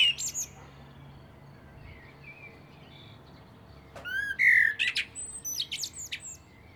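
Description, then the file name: Common blackbird: the tail of one song phrase, a long quiet stretch, then a fluted whistle trailing into high squeaky notes, with faint background hiss. "Turdus merula"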